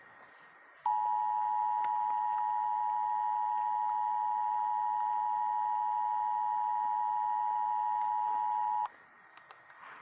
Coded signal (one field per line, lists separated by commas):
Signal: Emergency Alert System (SAME) tones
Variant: 853 and 960 Hz attention tone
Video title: Eas 491 Blacksburg SC SVR